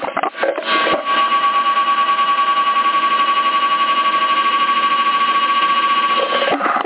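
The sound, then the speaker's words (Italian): A worn cooling fan in a CB radio buzzes loudly and steadily with a harsh, high-pitched drone and a fast, regular pulsing rattle, starting as the microphone is unplugged, preceded by a few clicks and ending with a click. No one speaks. “Oh, sembra fatto apposta, ho fatto sentire la normale ventola, come ho tolto il mic e iniziato a ronzare. L'ho provocato, sentite il casino che fa.”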